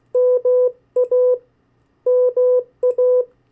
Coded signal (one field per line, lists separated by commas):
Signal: Morse code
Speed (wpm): 16 wpm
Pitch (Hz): 500 Hz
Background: none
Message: MA MA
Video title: 50 State Abbreviations, Variable speeds, in CW Video #3